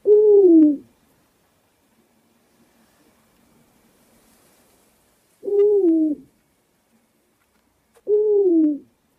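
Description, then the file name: Owl hooting three times, each a short low note that sags slightly at the end, the second hoot coming after a long pause and the third soon after. "sowa"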